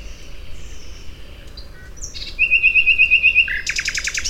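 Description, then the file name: Common nightingale song: soft whistled notes, then a fast run of repeated sharp notes followed by loud harsh buzzy pulses to close the phrase. "Luscinia megarhynchos"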